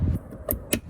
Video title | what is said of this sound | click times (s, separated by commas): CityBug Auxiliary Stop, Tail and Fog Lamps + “Audi” Sweeping Side Repeaters (C1/Aygo/107) | Yes. Satisfying click. | 0.5 s, 0.7 s